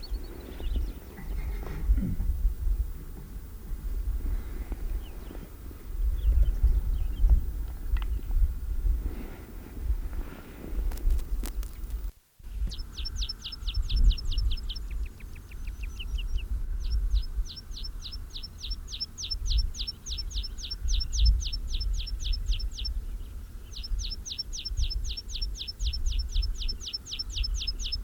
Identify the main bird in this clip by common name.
Meadow Pipit